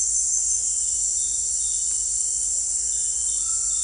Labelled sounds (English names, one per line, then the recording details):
none
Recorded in dense forest near Puerto Asís, Putumayo, Colombia, on 21 December 2024 at 18:00
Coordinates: 0.485, -76.318
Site GP03